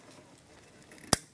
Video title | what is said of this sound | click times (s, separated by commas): How to Replace Window Regulator 1992-1996 Ford F-150 | little clicks | 1.1 s